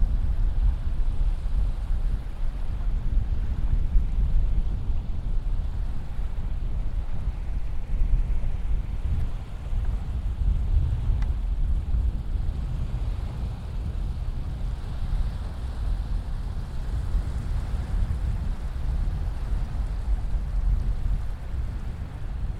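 Sound at Jacob's Beach: a steady, dense roar weighted heavily toward the low end, like surf or wind rumbling without pause. The level barely shifts, easing slightly around nine seconds, with a faint brief tick near eleven seconds.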